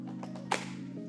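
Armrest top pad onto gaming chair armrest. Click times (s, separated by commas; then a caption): 0.5 s. The removable padded top of a Secretlab Titan Evo gaming chair armrest is put back onto the armrest, where built-in magnets hold it. Over steady background music, a soft tap at 0.2 s is followed by a sharp thunk at 0.5 s as the pad snaps back into place and is seated.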